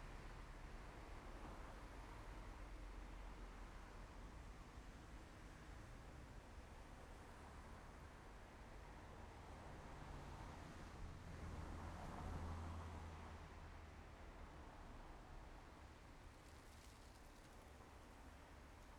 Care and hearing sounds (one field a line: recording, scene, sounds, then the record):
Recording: everyday scene through a hearing-aid microphone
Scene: in traffic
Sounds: traffic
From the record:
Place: main road on the outskirts, rush hour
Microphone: behind the ear, left, front